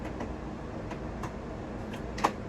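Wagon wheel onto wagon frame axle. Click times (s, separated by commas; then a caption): 2.2 s. A plastic wheel for a Wonderfold Wagon W4 Luxe is pushed onto the axle on the left side of the wagon frame, where it fits into its groove. A few soft knocks and rustles at about 0.2, 1.2 and 2.2 seconds lead up to one sharp click at 2.3 seconds, over a steady low background hiss. The wheel locks into place with no trouble.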